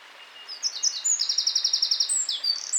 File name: Troglodytes troglodytes